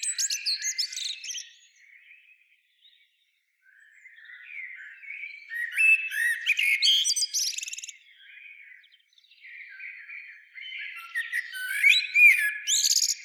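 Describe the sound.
Common blackbird song: three loud bursts of warbling and squeaky, high twittering, with quieter soft notes between them.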